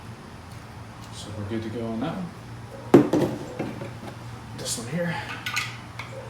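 A plastic retaining clip is being handled at the mount of a rear wing stanchion on a 6th Gen Camaro ZL1 1LE spoiler. Someone talks while plastic clatters and taps, with a sharp knock at 2.9 s. Nothing has seated or clicked yet.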